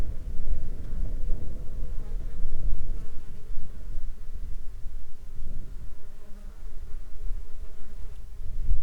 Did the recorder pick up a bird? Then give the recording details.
no. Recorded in the Arctic National Wildlife Refuge, Alaska, on 19 July 2021 at 13:19. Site 33